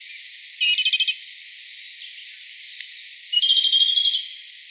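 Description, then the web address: Japanese robin: two rattling trills, each introduced by a high note, with a quiet gap between. Recorded 15 April 2017. "birdenaga komadori"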